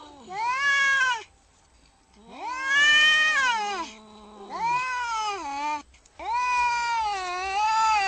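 Domestic cat giving drawn-out angry yowls, four long wavering wails each about a second or more, separated by short pauses, rising then sinking in pitch.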